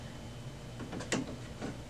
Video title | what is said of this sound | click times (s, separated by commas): HP Officejet Pro 8600 - Onyx Imaging - Tulsa Printer Repair - How To Replace Ink Cartridges | pop it right back in, make sure it clicks in, and then shut, | 1.1 s